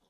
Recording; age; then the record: pig call; piglet (1 to 25 days)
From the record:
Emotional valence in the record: positive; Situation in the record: reunion after long isolation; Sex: male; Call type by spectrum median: low-frequency call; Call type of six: low-frequency tonal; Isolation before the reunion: 8 minutes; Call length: 0.10 s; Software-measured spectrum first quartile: 440 Hz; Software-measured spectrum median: 1511 Hz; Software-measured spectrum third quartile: 5518 Hz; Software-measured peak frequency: 200 Hz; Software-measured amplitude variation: 67 dB a second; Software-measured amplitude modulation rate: 15.2 a second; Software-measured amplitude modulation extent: 4.4 dB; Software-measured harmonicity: 1.6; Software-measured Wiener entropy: -1.76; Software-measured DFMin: 1059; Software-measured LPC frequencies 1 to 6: 648, 3499, 5343, 6165, 7780, 9050 Hz